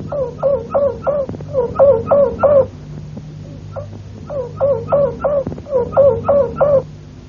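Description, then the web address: Canary song in bursts of quick, repeated upward-sweeping notes, several tours separated by brief pauses, over a steady low hum. Harz roller song. "~joaopt canarios cantoharz"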